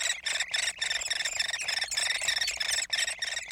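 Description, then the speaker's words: Hairy Woodpecker chick begging, a rapid, continuous stream of shrill, buzzy squealing notes with brief pauses, harsh and insistent throughout. Chick begging for food in its nest cavity deep within a dying tree. "That's a hairy woodpecker chick in its nest cavity deep within a dying tree."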